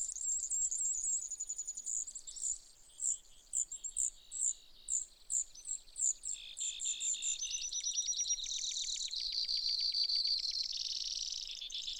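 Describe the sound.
Brewer's sparrow song: long, high, dry trills that shift pitch from one section to the next, with fast ticking phrases in the middle and a buzzy trill near the end.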